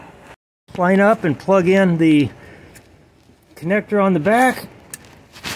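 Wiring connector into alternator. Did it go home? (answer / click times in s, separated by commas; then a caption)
yes / 4.9 s. The electrical connector on the back of a replacement alternator on a 2011 Mercedes GLK 350 X204 is lined up and pushed home while someone talks. A short, sharp click is heard at 4.9 seconds as the connector seats.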